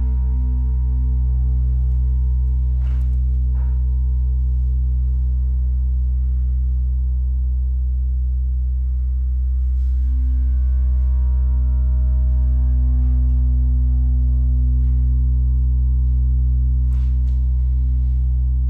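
A gong bath: a deep, steady drone of low, humming tones that rings on without pause, layered with shimmering higher overtones. Soft strikes add brief bright flares of shimmer around the third, tenth, thirteenth and seventeenth seconds, while the overall loudness stays even.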